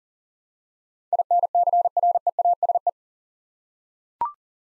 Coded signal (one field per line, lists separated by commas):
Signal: Morse code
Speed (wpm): 37 wpm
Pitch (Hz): 700 Hz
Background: none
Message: INCREASE